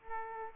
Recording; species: mosquito wingbeat signal from an infrared sensor; Aedes aegypti